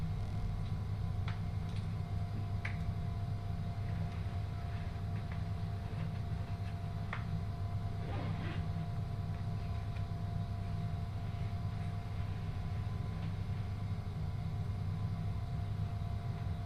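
A steady low rumble from a train on the Uetsu Main Line, with a constant hum and brief clicks and squeals around eight seconds.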